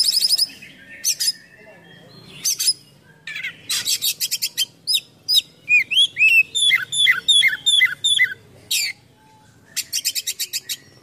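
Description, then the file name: Oriental magpie-robin song with harsh buzzy bursts, then a long sequence of repeated up-down whistled notes, ending with a fast rattling series. Kacer in full 'gacor' song with 'full isian' imitations. "KACER GACOR FULL ISIAN MEWAH"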